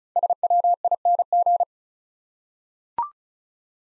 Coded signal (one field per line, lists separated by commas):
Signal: Morse code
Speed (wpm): 36 wpm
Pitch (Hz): 700 Hz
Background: none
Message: SWING